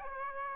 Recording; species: mosquito wingbeat signal from an infrared sensor; Aedes aegypti